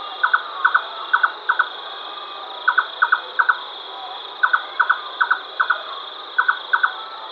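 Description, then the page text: Red-necked nightjar producing bursts of up to four doubled, knocking notes separated by short pauses, against a steady high insect-like hum. "Red-Necked Nightjar Call. Quick Sounds"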